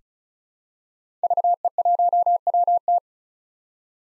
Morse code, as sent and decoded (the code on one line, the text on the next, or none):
...- . .---- .-- -
VE1WT